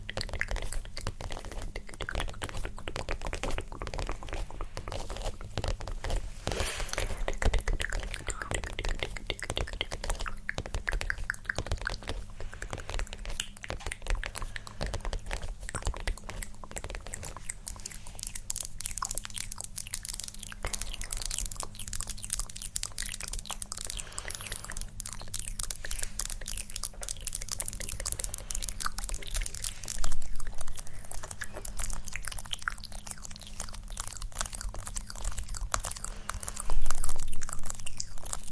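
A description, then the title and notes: Dense mouth sounds and crisp tapping and scratching are layered together, with quick clicks crowding the whole clip over a steady low hum. Activity thins a little after the midpoint, with louder taps near 30 and 37 seconds. ASMR Personal Attention For EXTREME Tingles Tapping, Scratching, Layered, Mouth Sounds.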